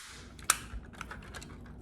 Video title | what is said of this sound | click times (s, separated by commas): UNJAM YOUR DYMO XPRESS Tutorial - Tips & Tricks for your label maker | it should pop all together | 0.5 s